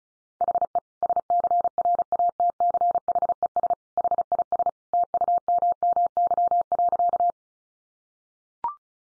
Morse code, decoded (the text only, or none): HE SCRATCHES HIS TUMMY.